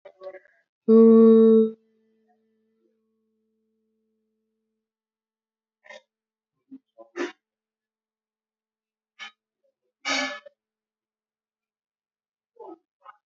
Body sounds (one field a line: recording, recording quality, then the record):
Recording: sustained vowel as in boot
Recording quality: moderate, slight background noise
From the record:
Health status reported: exposed to COVID-19, no respiratory illness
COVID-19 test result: not tested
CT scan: not taken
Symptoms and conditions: cough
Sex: female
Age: 41 years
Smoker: no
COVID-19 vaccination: both doses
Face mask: not worn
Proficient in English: yes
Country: India